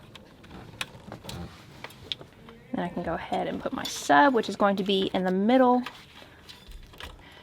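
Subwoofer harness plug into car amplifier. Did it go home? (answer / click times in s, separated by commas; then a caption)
yes / 7.0 s. A subwoofer harness plug is pushed into a 5-channel amplifier being installed in a 2022 Toyota Tundra CrewMax DoubleCab that keeps its stock radio. Light handling ticks and taps come first while someone talks, then a single sharp click at 7.0 s marks the plug seating into the amplifier.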